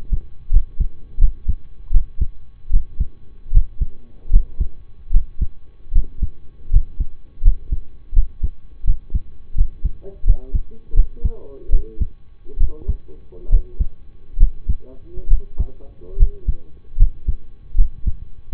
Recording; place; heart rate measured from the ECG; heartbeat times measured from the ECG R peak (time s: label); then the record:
heart sounds by stethoscope; between the tricuspid and mitral areas; 77 bpm
0.50 s: heartbeat
1.18 s: heartbeat
1.91 s: heartbeat
2.70 s: heartbeat
3.51 s: heartbeat
4.30 s: heartbeat
5.11 s: heartbeat
5.92 s: heartbeat
6.70 s: heartbeat
7.42 s: heartbeat
8.13 s: heartbeat
8.84 s: heartbeat
9.55 s: heartbeat
10.24 s: heartbeat
10.94 s: heartbeat
11.70 s: heartbeat
12.58 s: heartbeat
13.49 s: heartbeat
14.37 s: heartbeat
15.28 s: heartbeat
16.17 s: heartbeat
16.97 s: heartbeat
17.75 s: heartbeat
18.53 s: heartbeat
From the record:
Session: rest, lying down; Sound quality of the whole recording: partially saturated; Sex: male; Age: 25 years